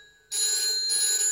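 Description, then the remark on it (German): A telephone rings with a bright, steady electronic tone that starts abruptly after a brief quiet moment and holds at full loudness, a sustained shrill buzz with no voices present. “Seit wann klingelt es schon?”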